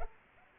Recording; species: mosquito wingbeat signal from an infrared sensor; Culex pipiens